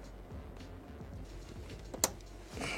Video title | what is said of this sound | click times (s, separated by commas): Pose du collecteur d'admission [BMW E46 CIA 330] | Clic. Et c'est bon. | 2.0 s